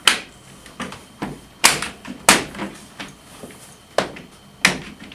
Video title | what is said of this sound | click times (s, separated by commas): Cedar Green 801 - Aromatic Cedar Closet System Installation part 4 | and clicks into place you will have a small space showing | 4.7 s